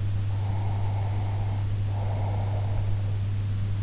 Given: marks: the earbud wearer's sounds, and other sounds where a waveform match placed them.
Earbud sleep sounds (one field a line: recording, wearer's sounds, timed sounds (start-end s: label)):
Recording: sounds in sleep by an in-ear microphone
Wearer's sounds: breath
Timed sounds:
0.33-3.14 s: breath